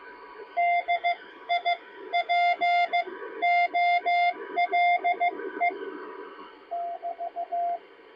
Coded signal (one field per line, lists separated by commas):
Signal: Morse code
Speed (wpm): 15 wpm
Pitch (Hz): 690 Hz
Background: radio noise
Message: DIPOLE <BT>